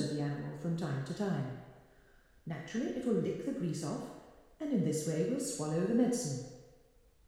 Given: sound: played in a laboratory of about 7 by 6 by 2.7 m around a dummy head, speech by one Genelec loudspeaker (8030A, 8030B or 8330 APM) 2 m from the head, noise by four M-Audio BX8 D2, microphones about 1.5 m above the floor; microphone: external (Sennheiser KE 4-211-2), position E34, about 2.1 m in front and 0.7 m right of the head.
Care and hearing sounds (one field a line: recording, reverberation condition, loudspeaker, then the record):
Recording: female speech in English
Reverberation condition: high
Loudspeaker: 30 degrees to the right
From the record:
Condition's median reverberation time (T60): about 1300 ms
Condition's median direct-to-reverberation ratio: about -4.0 dB